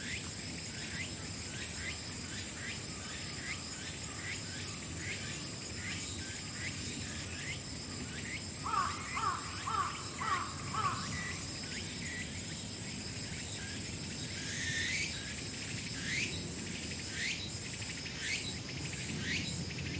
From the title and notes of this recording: Fushimi Inari Taisha - a quiet place. The recording location for 'Fushimi Inari Taisha - Quiet Place' is located at Fushimi Inari Taisha in Kyoto. I heard the same insect chirping and its sound resembled that of frogs, but it was not as deep.